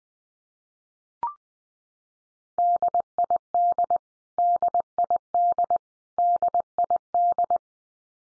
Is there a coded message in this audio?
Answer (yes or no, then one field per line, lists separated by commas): yes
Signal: Morse code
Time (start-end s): 2.6-7.6 s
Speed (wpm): 20 wpm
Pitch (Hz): 700 Hz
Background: none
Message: DID DID DID